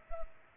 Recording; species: mosquito wingbeat signal from an infrared sensor; Culex pipiens